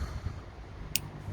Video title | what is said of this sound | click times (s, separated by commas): How to *RESTORE* your BMW SIDE INDICATOR [E81, E87, E82, E88, E90, E91, E92, E60, E61] | Like so, until you hear that click, and then all we're going to do is just | 1.0 s